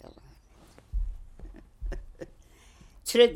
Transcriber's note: she laughs